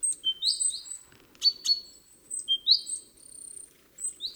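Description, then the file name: Great tit calls: repeated upswept whistles paired with high thin notes and a few dry clicks, over a light low hum. "Parus major"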